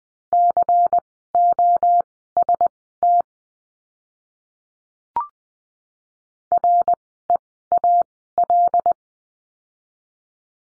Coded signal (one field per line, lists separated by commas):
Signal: Morse code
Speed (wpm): 20 wpm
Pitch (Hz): 700 Hz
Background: none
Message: COST REAL